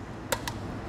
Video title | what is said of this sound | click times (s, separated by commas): etrailer - In-Depth Review of the Kuat Piston Pro X Bike Rack for 2 Bikes | i just let go snaps into place that matter is going to hold it | 0.3 s, 0.5 s